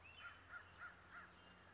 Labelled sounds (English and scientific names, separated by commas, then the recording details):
American Crow (Corvus brachyrhynchos)
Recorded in Sonoma County, California